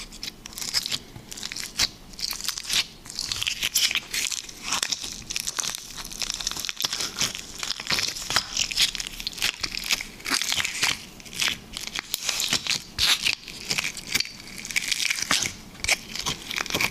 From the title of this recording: Liquid Slime ASMR